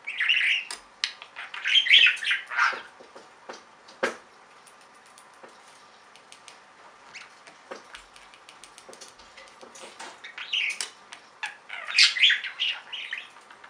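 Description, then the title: Budgerigar chatter, a scratchy warbling burst at the start, then sparse clicks and ticks, and another bout of chirps near the end. "Budgie Sounds"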